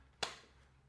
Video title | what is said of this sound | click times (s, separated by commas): ALMOST PERFECT!! - Ridge Leather Case for iPhone 15 Pro Max | not too much of a snap but it's definitely on there | 0.2 s